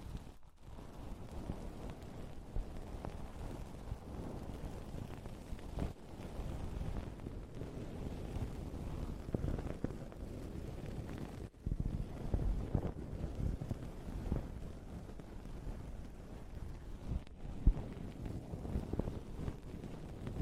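A microphone is being slowly grabbed and handled, producing a dense, low rumbling and scraping that shifts constantly in strength. Brief near-silent gaps break it around the half-second mark and near 6, 11.5 and 17 seconds, with muffled thumps in between.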